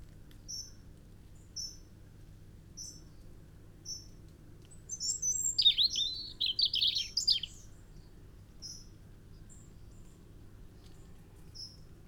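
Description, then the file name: European robin song: a burst of rapid, high, tumbling warbled notes in the middle, framed by soft, high single notes repeated at intervals. "Erithacus rubecula"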